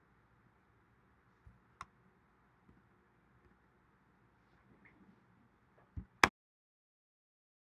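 A plastic sensor cover is slid over the body of a touchless faucet on its second side and pushed gently into place. Soft scrapes and small taps lead up to a sharp snap at 6.2 seconds as the cover seats, followed by silence.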